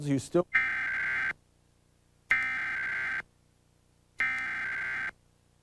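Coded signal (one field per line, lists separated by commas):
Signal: Emergency Alert System (SAME) tones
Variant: header bursts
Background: speech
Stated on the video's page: Tornado Warning EAS tones recorded off the air from WMDT during storm coverage.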